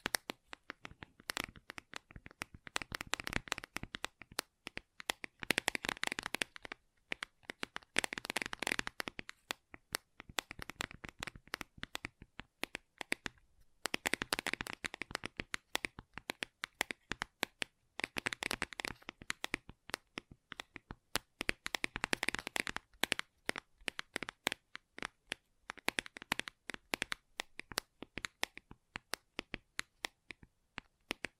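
Gentle tapping in quick, crisp clicks that come in dense runs lasting a few seconds each, around 6, 14, 19, 23 and 28 seconds. Between runs the taps thin out to sparser, lighter ticks, with a crackly, card-like texture throughout.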